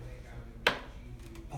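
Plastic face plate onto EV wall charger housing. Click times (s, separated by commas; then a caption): 0.7 s. The plastic face plate of a Tesla Gen II Wall Connector is lined up on its four tabs over the charger housing and pressed at the bottom. It pops into place with one sharp, loud click at 0.7 s, followed by a much fainter tap at 1.4 s, and the plate is seated.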